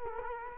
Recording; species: mosquito wingbeat signal from an infrared sensor; Culex quinquefasciatus